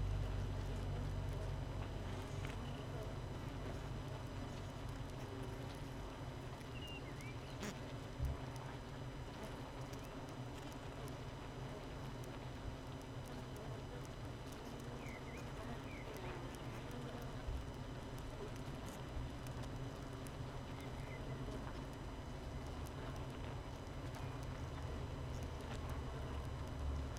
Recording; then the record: honeybee colony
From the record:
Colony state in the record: missing queen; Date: 31 May 2018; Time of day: 7:04